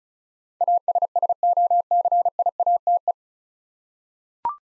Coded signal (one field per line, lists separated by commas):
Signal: Morse code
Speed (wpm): 36 wpm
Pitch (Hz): 700 Hz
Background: none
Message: ASSOCIATE